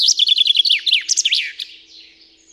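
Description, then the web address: Common chaffinch song: a bright, rapid series of repeated notes that ends in a flourish, over a faint steady low hum. "Spev Vtakov pinka"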